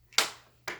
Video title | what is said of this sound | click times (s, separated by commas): SERTA CONVERTIBLE SOFA (FUTON) REVIEW & SET UP | So you're just going to pull it forward until it clicks there, | 0.2 s